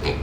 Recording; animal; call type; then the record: contact call of a hoofed animal; pig; closed-mouth grunt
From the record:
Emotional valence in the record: positive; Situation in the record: food and toys in familiar pen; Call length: 0.22 s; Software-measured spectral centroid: 2120 Hz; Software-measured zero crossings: 1780 a second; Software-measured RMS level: -24 dBFS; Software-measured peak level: -12 dBFS